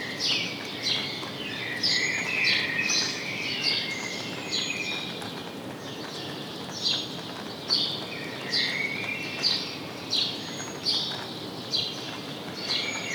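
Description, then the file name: House sparrow chirps, loose groups of sharp notes early, then a series of single chirps, with background hiss. "Passer domesticus"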